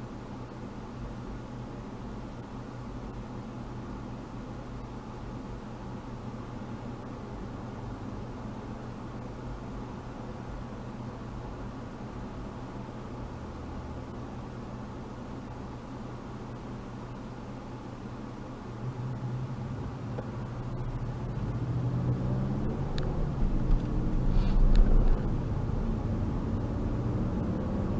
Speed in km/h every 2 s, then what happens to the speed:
0, 0, 0, 0, 0, 0, 0, 0, 0, 0, 6, 16, 27, 35.
0-19 standing. 19-28 pulls away to 35.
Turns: none.